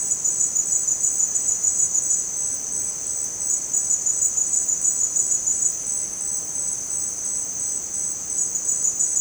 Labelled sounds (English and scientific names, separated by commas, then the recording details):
none
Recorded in dense forest near Puerto Asís, Putumayo, Colombia, on 22 June 2025 at 17:30
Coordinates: 0.484, -76.317
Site G045